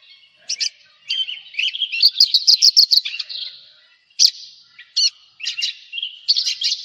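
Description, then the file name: Javan bush lark delivering varied phrases, with buzzy trills and rapid note runs broken up by sharp, isolated high notes. "suara burung branjangan jawa"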